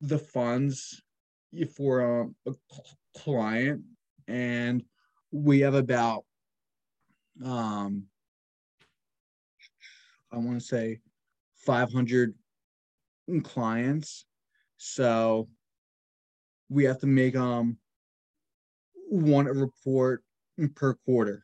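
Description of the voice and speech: A 26-year-old man who stutters speaks in short bursts broken by long silent gaps, some over two seconds, with stretched sounds and drawn-out 'um'. These mid-phrase blocks and prolongations are typical of adult stuttering, though the speech between them flows fairly smoothly.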